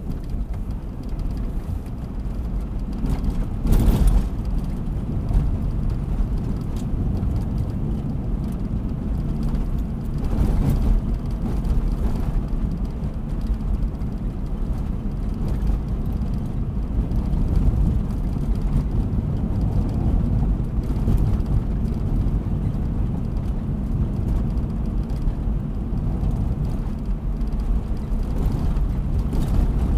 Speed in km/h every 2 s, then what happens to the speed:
46, 50, 52, 53, 55, 56, 54, 53, 53, 53, 53, 55, 55, 54, 54.
0-9 speeds up to 56. 9-30 steady at about 54.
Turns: none.